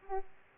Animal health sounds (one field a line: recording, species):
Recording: mosquito wingbeat signal from an infrared sensor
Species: Aedes aegypti